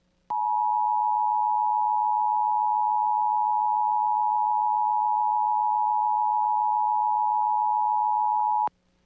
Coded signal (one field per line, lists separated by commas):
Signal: Emergency Alert System (SAME) tones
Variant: 853 and 960 Hz attention tone